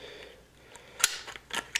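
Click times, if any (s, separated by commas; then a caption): 1.0 s, 1.8 s. A magnetic cover is lowered onto the pump block of a Corsair H100i closed-loop liquid CPU cooler, and its magnets pull it down so it snaps into place without screws. Sharp clicks ring out at 1.0 s and 1.8 s as the cover seats, with fainter taps around them. The cover is seated, held firmly by strong magnets.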